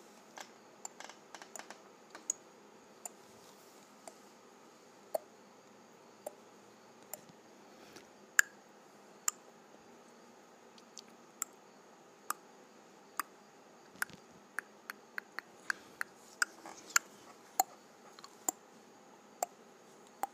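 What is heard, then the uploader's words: Sharp, isolated tongue clicks pop out every second or so, bunching faster around the middle and late stretch, over a faint steady hiss. Clicking my Tongue.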